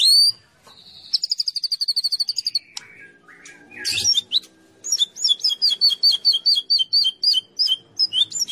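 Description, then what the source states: White-rumped shama song: a whistled note, a fast even trill, a lower warbled passage and a noisy burst, then a lively run of repeated chirpy notes. Champion white-rumped shama.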